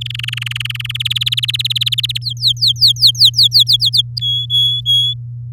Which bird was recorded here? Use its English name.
Domestic Canary